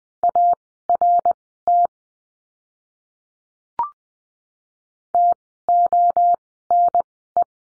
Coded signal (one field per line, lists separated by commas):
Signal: Morse code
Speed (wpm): 20 wpm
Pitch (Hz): 700 Hz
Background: none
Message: ART TONE